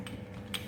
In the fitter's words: ఇప్పుడు దీన్ని ఎక్స్టెన్షన్ చేసుకోవాలి అనుకుంటే మనం అన్లాక్ చేసుకోవాలి అలా